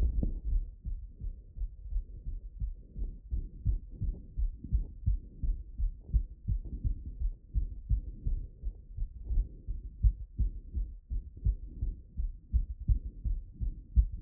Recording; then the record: heart sounds by stethoscope after running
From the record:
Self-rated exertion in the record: light exertion (2 of 6); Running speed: 7 mph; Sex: male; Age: 27 years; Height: 188 cm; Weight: 79 kg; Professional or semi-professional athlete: no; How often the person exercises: 3 to 5 times a week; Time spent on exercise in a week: 3 to 4 hours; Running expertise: yes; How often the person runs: 1 to 2 times a week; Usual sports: running, tennis, rock climbing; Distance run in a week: 10 km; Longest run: 42 km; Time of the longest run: 220 minutes